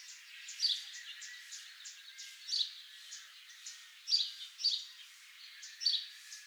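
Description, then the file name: House sparrow chirps, somewhat soft, come in an uneven series over a constant background hiss. "Passer domesticus"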